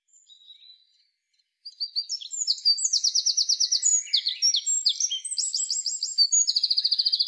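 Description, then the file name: Eurasian wren song: after a few faint opening notes, a loud, fast, high run of notes with buzzy trills and rapid repeated notes, ending in a fast rattling trill. "Troglodytes troglodytes"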